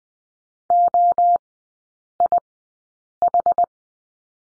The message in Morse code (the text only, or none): OIH